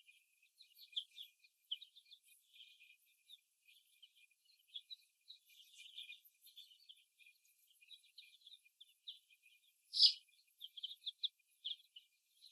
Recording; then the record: young laying hens in a cage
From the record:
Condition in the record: before the stressor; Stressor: simulated dog barking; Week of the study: 1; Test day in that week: 1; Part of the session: 3